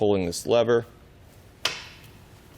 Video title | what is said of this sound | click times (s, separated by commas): etrailer - 2016 Toyota Highlander Kuat NV 2.0 Base Bike Rack for 2 Bikes: Complete Installation | like that locks into place again and that's going to | 1.7 s